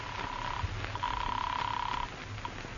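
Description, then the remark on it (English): A telephone rings twice, a short burst and then a longer one, each a steady, mid-pitched warbling tone over a low background rumble, with a brief pause between the rings. “Finally, you put in a phone call.”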